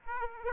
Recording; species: mosquito wingbeat signal from an infrared sensor; Aedes aegypti